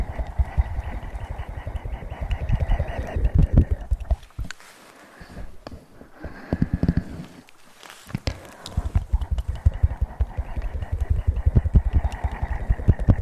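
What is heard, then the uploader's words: Ear massage and mouth sounds: dense, rapid rubbing and crackling fill the first four seconds and return from about eight seconds to the end. In between comes a quieter stretch of softer, sparser clicks, wet mouth noises and brief rustles. Intense Ear Massage & Mouth Sounds.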